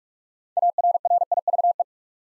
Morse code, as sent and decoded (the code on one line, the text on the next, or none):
.- .-. .-. .. ...- .
ARRIVE